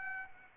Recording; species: mosquito wingbeat signal from an infrared sensor; Aedes aegypti